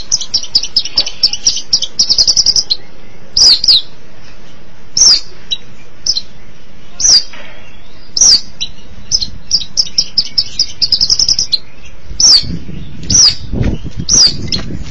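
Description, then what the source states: Long-tailed Shrike song: high chips and short rattling runs mixed with slurred whistles, irregularly spaced, over a low rumbling background. Recorded March 2017.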